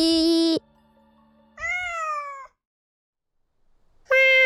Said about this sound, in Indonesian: Oh, suara ini. Ah, ternyata seekor kucing. Hehehe, lucu, lucunya. Kamu datang dari mana? Kayaknya kucing liar karena dia nggak pakai kalung di leher.